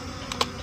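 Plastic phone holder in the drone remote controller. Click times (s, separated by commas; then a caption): 0.3 s, 0.4 s. The folding plastic phone holder is pulled out of its slot underneath the plastic E88 Evo drone remote controller. It sticks briefly, then comes free with two sharp plastic clicks at 0.3 s and 0.4 s, the second louder. The holder is released and removed from the remote.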